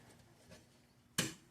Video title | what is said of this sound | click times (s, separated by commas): How to Install a Tesla Charger at Home – Full Guide: Load Check, Wire & Breaker Sizing, Mounting | that just pops right in place on there. | 1.2 s